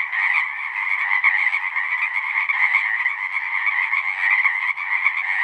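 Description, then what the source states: Pacific chorus frogs in a dense chorus, many overlapping raspy calls merging into a steady, unbroken wall of sound with no pauses. Full chorus recorded after dusk; males giving the advertisement call, a distinct kree-eeck or ribbit, to attract females.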